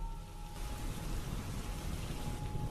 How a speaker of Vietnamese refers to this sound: thì trên bầu trời ì ầm đổ mưa.